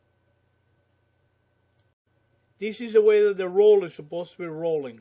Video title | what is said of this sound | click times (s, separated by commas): Whirlpool Dryer drum is not tumbling - See how to fix it | push it in until it snaps in place. | 1.8 s